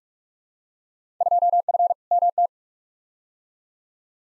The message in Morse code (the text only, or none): 2F MT